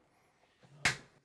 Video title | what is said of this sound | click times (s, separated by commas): ELUCIAN CONSUMER UNITS - Finishing installation with East Goscote Electrics | so these have got the uum boards in yeah and then on this I talk screwdriver you'll hear the audible click | 0.8 s